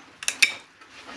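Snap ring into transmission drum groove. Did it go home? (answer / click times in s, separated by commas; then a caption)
yes / 0.4 s. A steel snap ring is worked around into its groove to hold the top plate on a TH400 transmission drum. Two bright metallic ticks land at about 0.2 and 0.3 seconds, followed by the loudest, sharpest metallic snap at 0.4 seconds, then a faint hiss. The ring snaps into the groove and is seated at 0.4 seconds.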